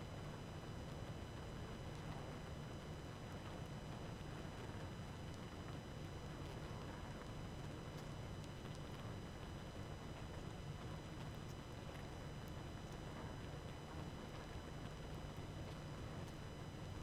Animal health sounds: honeybee colony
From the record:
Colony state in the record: active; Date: 12 June 2018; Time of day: 23:56

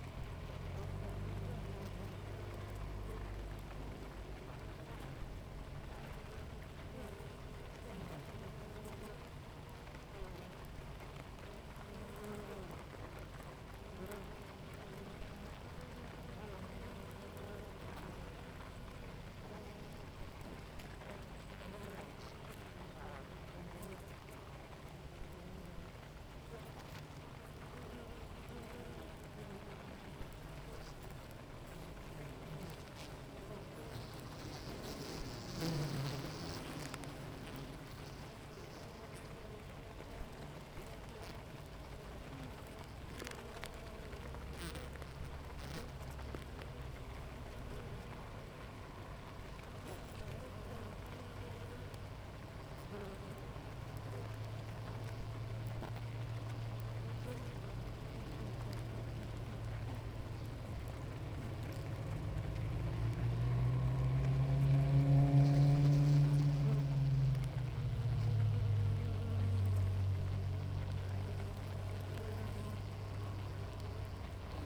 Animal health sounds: honeybee colony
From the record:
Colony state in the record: active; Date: 28 July 2017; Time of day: 6:57

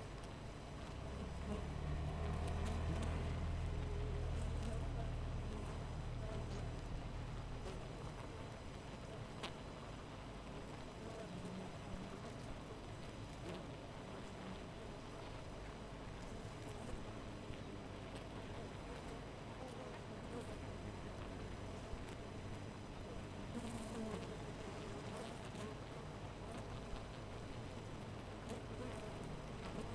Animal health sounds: honeybee colony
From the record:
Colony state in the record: missing queen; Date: 14 July 2017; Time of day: 5:22

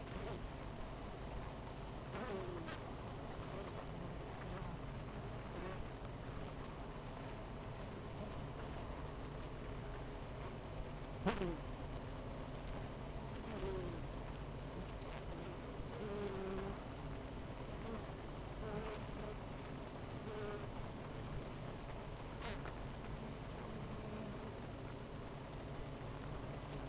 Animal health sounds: honeybee colony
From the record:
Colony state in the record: missing queen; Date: 14 July 2017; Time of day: 10:18

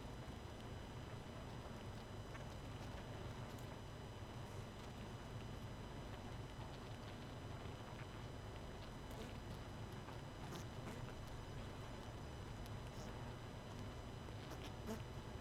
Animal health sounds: honeybee colony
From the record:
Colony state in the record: missing queen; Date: 31 May 2018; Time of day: 20:55

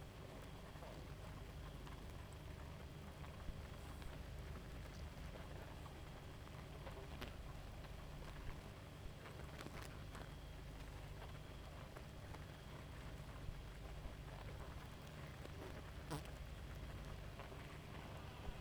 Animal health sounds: honeybee colony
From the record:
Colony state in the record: active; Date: 28 July 2017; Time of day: 0:18

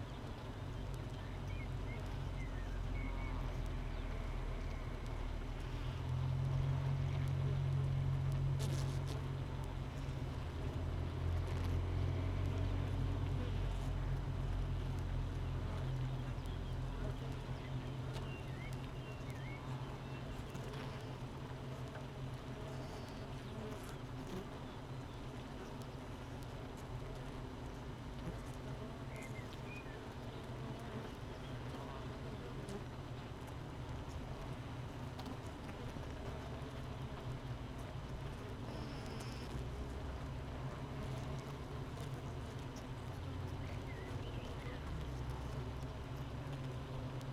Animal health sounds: honeybee colony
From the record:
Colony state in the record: missing queen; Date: 31 May 2018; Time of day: 7:45

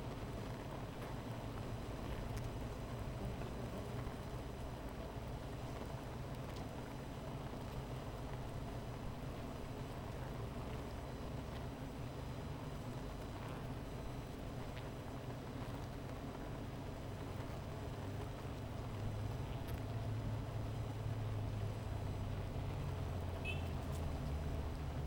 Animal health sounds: honeybee colony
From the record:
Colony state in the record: missing queen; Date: 14 July 2017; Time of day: 15:52

